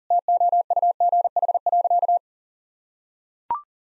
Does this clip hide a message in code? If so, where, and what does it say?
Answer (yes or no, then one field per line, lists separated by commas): yes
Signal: Morse code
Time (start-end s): 0.1-2.2 s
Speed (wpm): 40 wpm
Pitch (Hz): 700 Hz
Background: none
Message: TOUGH.